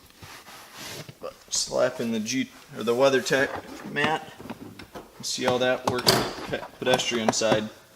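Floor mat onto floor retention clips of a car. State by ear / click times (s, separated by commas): not seated / none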